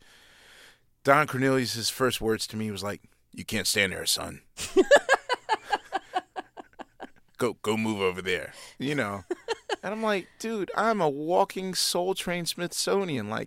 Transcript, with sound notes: Like Don Cornelius' first words to me was like, you can't stand there, son.
(LAUGHTER)
Go move over there, you know. And I'm like dude, I'm a walking "Soul Train" Smithsonian.